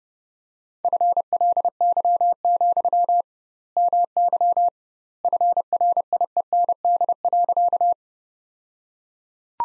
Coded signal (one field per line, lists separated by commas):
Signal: Morse code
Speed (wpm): 30 wpm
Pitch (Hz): 700 Hz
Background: none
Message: FLY, MY FRIEND.